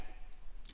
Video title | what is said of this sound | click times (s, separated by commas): Toro 22" 60V Battery Powered Electric Lawn Mower 21466 Review | move this lever it locks in place and it has a little trapdoor and you can easily cycle between bag | 0.7 s